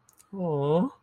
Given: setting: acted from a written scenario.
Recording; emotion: vocal sound without words; disappointment